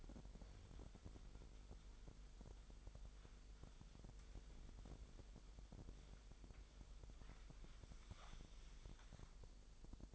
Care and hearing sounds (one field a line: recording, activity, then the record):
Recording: daily activity, microphone in the room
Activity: wipe stove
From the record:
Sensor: 5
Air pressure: 1001.0 hPa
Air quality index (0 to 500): 247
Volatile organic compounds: 34 ppm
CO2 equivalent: 3039 ppm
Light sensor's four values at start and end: 28/65/26/24 and 31/70/28/26